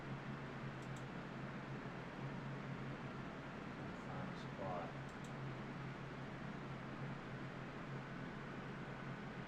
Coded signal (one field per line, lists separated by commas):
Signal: FT8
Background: speech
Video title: FT8 and Some HF Action Live 05/17/2025 #hamradio